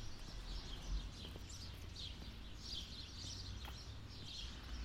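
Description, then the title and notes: Bird twittering with short, bright chirps coming in bursts over a continuous low rumble. Birds nesting in trees on both sides of a path up to the church in Sete Cidades, Azores. "Atonal church bells, Sete Cidades. The church bells in Sete Cidades in the Azores ring out. birds nesting in the trees either side of a path leading up to the church provide a more melodious accompaniment. Recorded by Cities and Memory"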